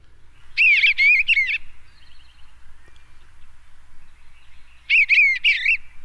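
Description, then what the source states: Eastern Bluebird song: a short, warbled phrase of soft whistled notes, followed after a pause of about three seconds by a second similar phrase. Song of a very popular bird in the listening area; one of three bluebird species in North America.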